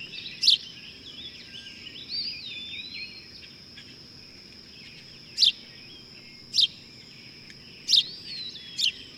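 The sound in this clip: Bird song with quiet warbling and slurred whistles early on, then isolated loud high chirps a second or so apart, over a steady high whine.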